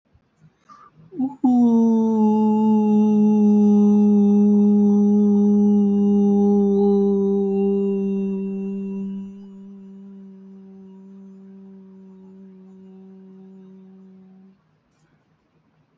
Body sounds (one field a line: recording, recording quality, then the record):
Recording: sustained vowel as in boot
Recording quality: excellent, no background noise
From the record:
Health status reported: healthy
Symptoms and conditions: none ticked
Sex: male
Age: 23 years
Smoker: not ticked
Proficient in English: yes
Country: India